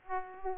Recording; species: mosquito wingbeat signal from an infrared sensor; Aedes aegypti